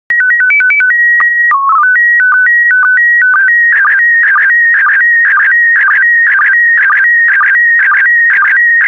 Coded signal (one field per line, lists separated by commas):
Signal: SSTV (slow-scan television)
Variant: PD 120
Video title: 131022 English Country Gardens SSTV PD120